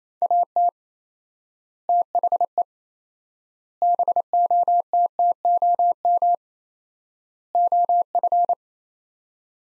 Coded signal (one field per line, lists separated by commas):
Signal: Morse code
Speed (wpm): 28 wpm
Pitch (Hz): 700 Hz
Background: none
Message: AT THE BOTTOM OF